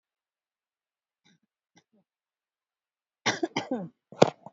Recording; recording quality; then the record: shallow voluntary cough; excellent, no background noise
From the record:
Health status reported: COVID-19 positive, moderate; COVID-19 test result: positive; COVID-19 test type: RT-PCR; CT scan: not taken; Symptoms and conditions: fever, diabetes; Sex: female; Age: 52 years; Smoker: no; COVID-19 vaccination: one dose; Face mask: worn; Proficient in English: yes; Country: India